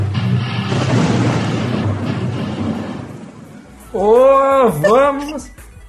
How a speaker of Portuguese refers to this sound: Esses trovão são foda, cara. Trovão é foda. Tem uns. Brum, brum, papapá, papá, papapá, papá, papá, papá.